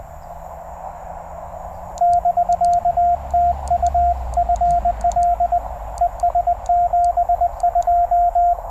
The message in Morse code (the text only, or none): <BK> TU FL ES 72